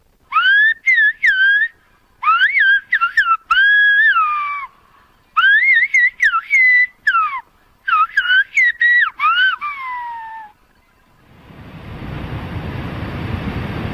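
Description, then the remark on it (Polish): Loud, piercing Silbo Gomero whistled speech, a language thousands of years old native to La Gomera in the Spanish Canary Islands, in short gliding bursts that rise and fall in pitch, grouped into phrases with brief pauses, then giving way to a rushing wash of surf or wind. “The whistling sound you just heard is a language that's thousands of years old.”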